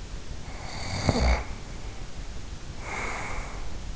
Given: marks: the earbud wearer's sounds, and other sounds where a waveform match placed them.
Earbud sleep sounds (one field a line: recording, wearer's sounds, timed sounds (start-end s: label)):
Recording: sounds in sleep by an in-ear microphone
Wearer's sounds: snoring breath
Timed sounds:
0.38-3.96 s: snoring breath